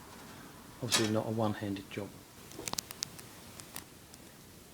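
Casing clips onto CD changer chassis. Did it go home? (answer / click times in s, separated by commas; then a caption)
yes / 2.7 s, 2.8 s, 3.0 s, 3.8 s. Casing clips on a Jaguar X-Type CD multi-changer are pressed home onto the changer chassis, and each snaps into position. Someone talks first, then sharp snaps ring out at 2.7, 2.8, 3.0 and 3.8 seconds. The casing ends up fully clipped in place.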